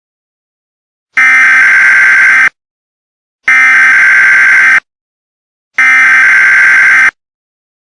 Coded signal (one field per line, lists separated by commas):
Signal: Emergency Alert System (SAME) tones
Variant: header bursts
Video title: EAS Scenario: Chemical Explosives